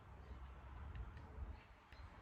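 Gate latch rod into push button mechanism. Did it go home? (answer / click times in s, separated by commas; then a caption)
no / none. The pronged end of a cut gate latch rod is lined up and placed into the hole of a Lokklatch Deluxe push button mechanism for double gates, before it is pushed all the way in. Only soft handling sounds are heard over a steady low rumble, with brief faint ticks near 0.9 and 1.9 seconds. Nothing has seated or clicked yet.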